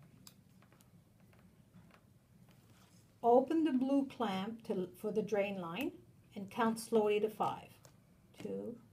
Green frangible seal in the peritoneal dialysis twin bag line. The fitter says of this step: keeping the dining bag on the table break the green seal you're going to hear a click